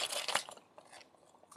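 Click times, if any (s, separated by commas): 0.3 s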